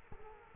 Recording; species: mosquito wingbeat signal from an infrared sensor; Culex quinquefasciatus